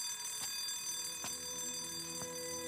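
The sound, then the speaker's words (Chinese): A bell rings without pause to signal the end of visiting time at a detention centre, a steady, high, buzzing electric tone. Three brief knocks break through it at even gaps. No one speaks. “然后他站起身，踏着会客时间结束的铃声飘然离去。”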